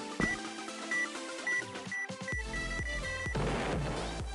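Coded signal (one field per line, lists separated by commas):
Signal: none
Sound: game countdown beeps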